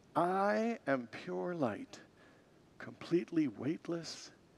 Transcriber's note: none